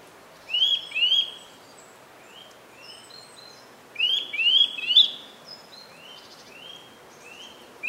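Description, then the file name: Eurasian nuthatch giving repeated sharp, rising whistled notes, loudest in a pair and a triple, with fainter notes and thin high sounds between. "Sitta europaea"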